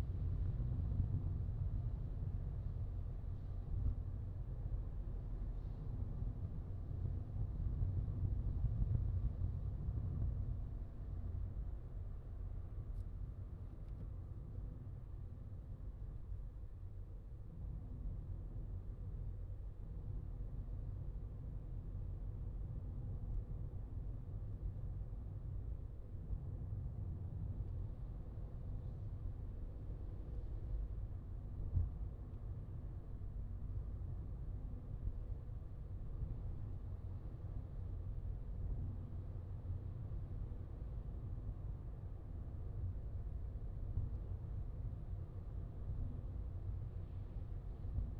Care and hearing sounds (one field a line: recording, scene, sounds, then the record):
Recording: everyday scene through a hearing-aid microphone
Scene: in a vehicle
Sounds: engine, highway driving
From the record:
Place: Skoda Fabia, gasoline engine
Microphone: in the ear canal, left